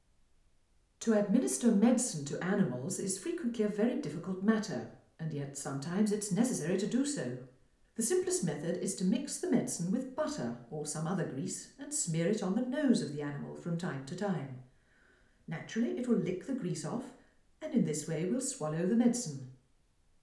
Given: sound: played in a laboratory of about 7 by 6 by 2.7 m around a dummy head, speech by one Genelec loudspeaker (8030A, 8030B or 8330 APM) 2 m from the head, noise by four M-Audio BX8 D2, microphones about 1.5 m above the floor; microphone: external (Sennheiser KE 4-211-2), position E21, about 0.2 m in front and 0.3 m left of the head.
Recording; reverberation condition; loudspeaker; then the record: female speech in English; medium; in front (0 degrees)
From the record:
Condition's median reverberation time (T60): about 510 ms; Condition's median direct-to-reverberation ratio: about -0.5 dB